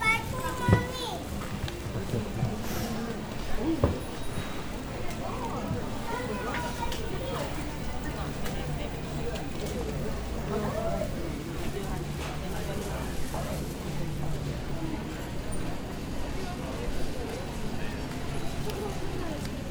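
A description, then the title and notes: Busy chatter fills Nishiki Market in Kyoto, with many overlapping voices talking at once and none standing out for long. A low steady hum runs underneath throughout, and occasional clacks and footsteps break through, with a sharper knock near the start. Nishiki Market (錦市場), Kyoto, Japan.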